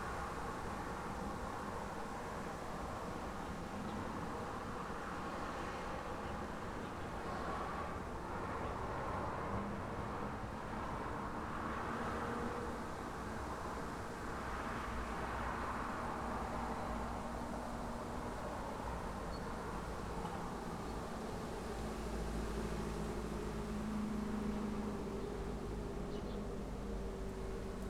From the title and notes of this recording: A busy city street traffic — Kyiv, Ukraine.